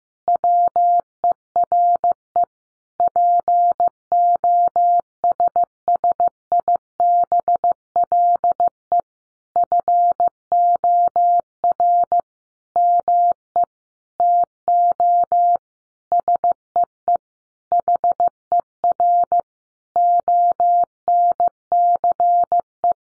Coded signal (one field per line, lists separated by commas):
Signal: Morse code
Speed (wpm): 15 wpm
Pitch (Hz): 700 Hz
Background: none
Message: WERE POSSIBLE FOR ME TO SEE HER ONCE